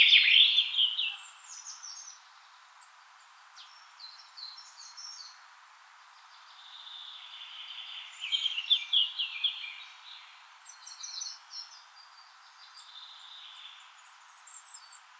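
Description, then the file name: Common chaffinch song: a trilled phrase in the middle, quieter than the loud burst at the start, set among other chirping birds. "Fringilla coelebs"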